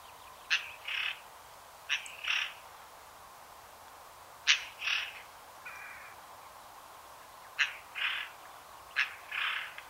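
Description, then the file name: Eurasian jay producing paired calls, a sharp click followed by a brief raspy note, repeated five times at irregular intervals, with one faint buzzy note between. "Garrulus glandarius"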